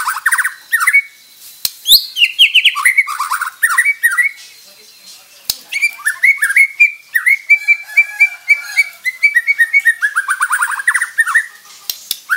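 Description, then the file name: White-rumped shama giving harsh calls: rapid scratchy bursts and chattering phrases with brief whistled notes, broken by short pauses and a few sharp clicks. Bornean crowned (mahkota) variety of white-rumped shama; harsh calls (suara kasar). "Suara kasar burung murai batu borneo mahkota"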